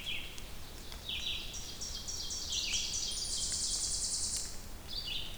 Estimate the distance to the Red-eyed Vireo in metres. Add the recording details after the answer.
about 35 m. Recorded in boreal forest in Alberta, Canada, on 2 June 2016 at 07:45. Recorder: SongMeter 3, array SBT-3-7. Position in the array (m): 101 m, 130 m